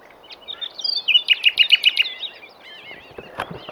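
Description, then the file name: Common nightingale song with a row of loud repeated notes, followed by softer warbling. "Luscinia megarhynchos"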